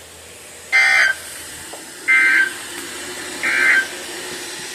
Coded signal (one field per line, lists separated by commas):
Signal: Emergency Alert System (SAME) tones